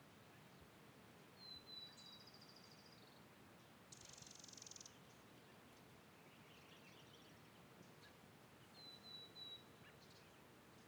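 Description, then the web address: Birds with high, thin whistles at the start and end and a short buzzy burst in between, heard over steady, broad wind hiss. Spring field ambience in the Pacific Northwest, with wind, recorded in mid-side stereo. "Raconteur Sound - Spring in the Pacific Northwest- Ambiences Amb, Field, Birds, Wind"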